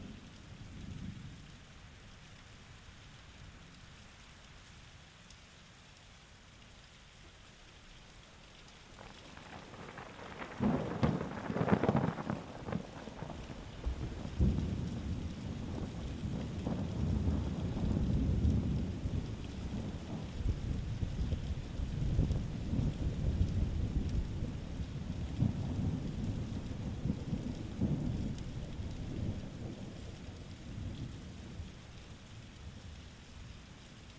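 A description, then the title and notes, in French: Thunder rolls in around ten seconds, a deep rumble with a brighter crack near twelve, lingering long and low under steady rain. Le grondement du tonnerre et les éclairs illuminent le ciel.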